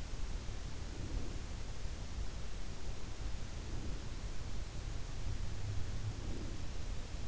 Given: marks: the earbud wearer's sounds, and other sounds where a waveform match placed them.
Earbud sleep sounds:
sounds in sleep by an in-ear microphone; breath
0.48-1.86 s: breath
3.07-4.49 s: breath
5.70-7.17 s: breath

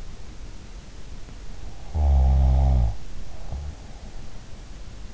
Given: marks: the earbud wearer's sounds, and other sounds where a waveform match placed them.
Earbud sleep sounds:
sounds in sleep by an in-ear microphone; snoring breath
1.60-3.89 s: snoring breath

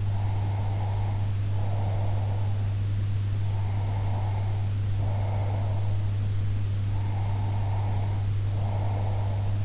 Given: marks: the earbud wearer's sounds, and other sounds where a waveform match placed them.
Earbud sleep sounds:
sounds in sleep by an in-ear microphone; breath
0.17-2.77 s: breath
3.42-6.02 s: breath
6.80-9.65 s: breath

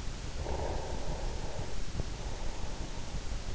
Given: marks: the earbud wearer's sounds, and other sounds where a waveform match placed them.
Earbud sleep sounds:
sounds in sleep by an in-ear microphone; breath
0.34-3.49 s: breath

